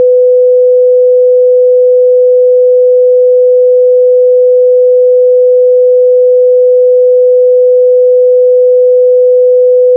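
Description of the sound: A single steady pure tone near 500 Hz holds unchanged for the full ten seconds, with no pulsing or other sound. It is a synthetic test tone used to determine (match) tinnitus, letting a listener compare the pitch of their own ringing.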